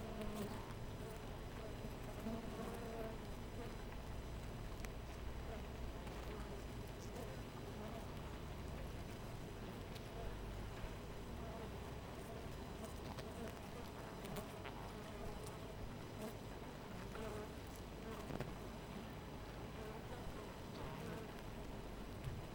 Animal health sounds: honeybee colony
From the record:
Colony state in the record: missing queen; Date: 14 July 2017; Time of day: 4:50

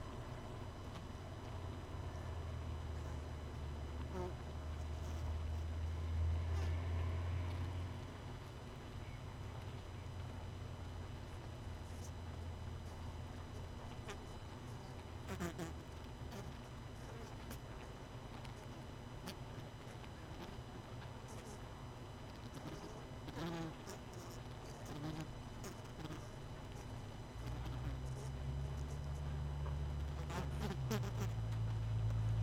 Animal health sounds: honeybee colony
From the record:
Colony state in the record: missing queen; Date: 31 May 2018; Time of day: 19:10

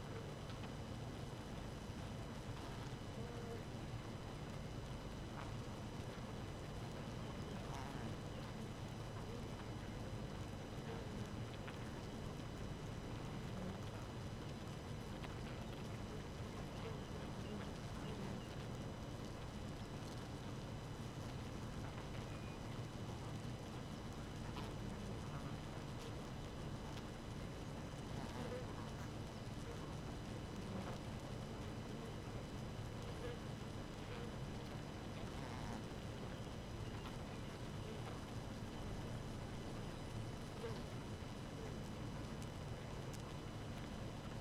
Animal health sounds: honeybee colony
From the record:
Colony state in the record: active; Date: 12 June 2018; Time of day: 4:49

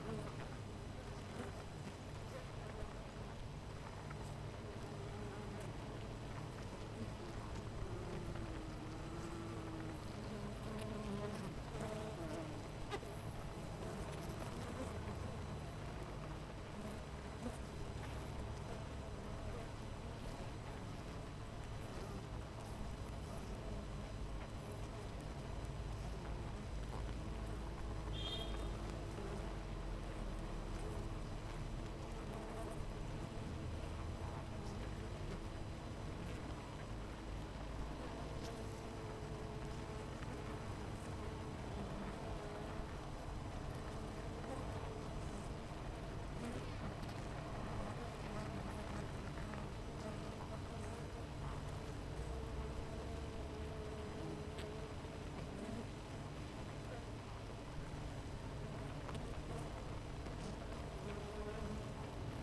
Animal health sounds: honeybee colony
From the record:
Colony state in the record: missing queen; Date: 14 July 2017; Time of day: 8:16

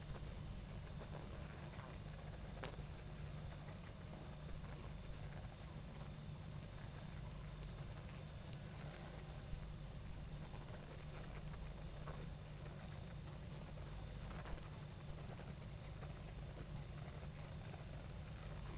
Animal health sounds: honeybee colony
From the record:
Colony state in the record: active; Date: 28 July 2017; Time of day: 20:17

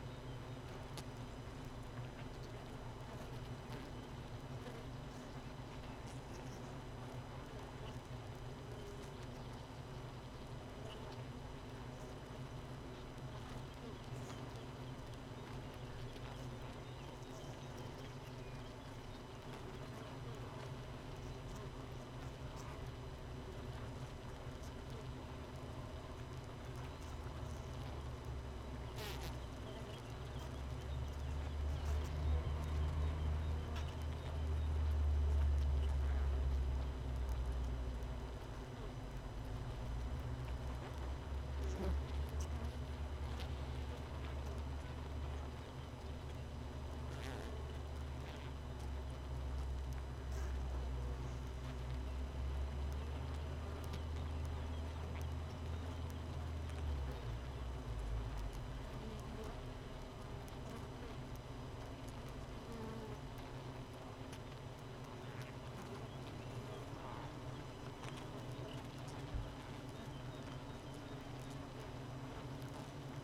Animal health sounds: honeybee colony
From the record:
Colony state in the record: missing queen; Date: 31 May 2018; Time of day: 4:54

